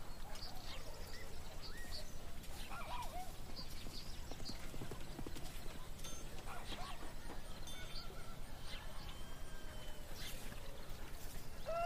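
Horse carts clop along through a busy town, hooves and wheels making a steady low rumble throughout. People talk at the edges, and short bird calls and chirps pop up above the din every second or two, with brief bright clatters near the end.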